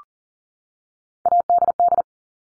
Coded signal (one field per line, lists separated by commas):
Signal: Morse code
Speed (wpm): 40 wpm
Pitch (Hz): 700 Hz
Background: none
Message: ADD